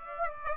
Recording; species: mosquito wingbeat signal from an infrared sensor; Aedes aegypti